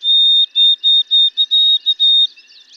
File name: White-throated Sparrow